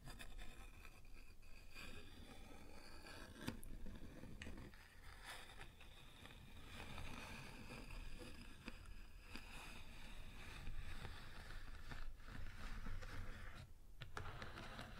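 Tapping and scratching on a wooden surface, with steady scraping rubs and sharp knocks near three and a half, twelve and fourteen seconds.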